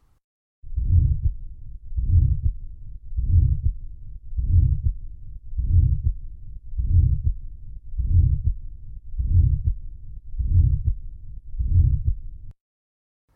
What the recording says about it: Heart sounds recorded on a Thinklabs Digital Stethoscope. Between those heart sounds, you'll hear a systolic murmur that gets louder and then quieter. A patient with aortic stenosis.